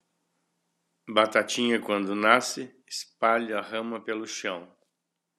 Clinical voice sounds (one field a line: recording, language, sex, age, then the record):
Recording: short text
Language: Brazilian Portuguese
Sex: male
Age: 60 to 69 years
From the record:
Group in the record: control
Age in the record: 68 years